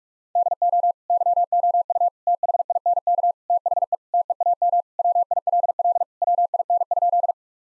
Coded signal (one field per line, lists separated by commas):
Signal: Morse code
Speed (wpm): 46 wpm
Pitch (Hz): 700 Hz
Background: none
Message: DO YOU THINK THE TEAM WILL WIN?